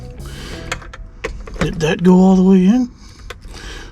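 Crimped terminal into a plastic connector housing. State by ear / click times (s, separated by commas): not seated / none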